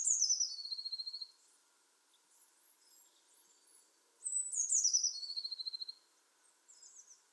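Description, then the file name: Eurasian blue tit giving two phrases about four seconds apart, each of very high notes sliding down into a fast, even trill, with faint high chips after. "Cyanistes caeruleus"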